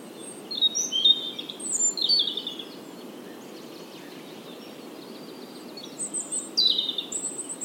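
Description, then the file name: European robin song, thin high warbled phrases and sharp trills bursting around the start and again near the end, with a quiet gap between and steady low background hiss. "Erithacus rubecula"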